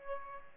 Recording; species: mosquito wingbeat signal from an infrared sensor; Aedes albopictus